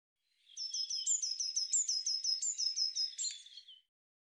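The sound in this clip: Eurasian blue tit giving one continuous stream of rapid high notes over a softer buzzy layer, fading toward the end.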